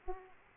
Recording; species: mosquito wingbeat signal from an infrared sensor; Aedes aegypti